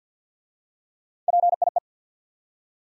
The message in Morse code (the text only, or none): PIE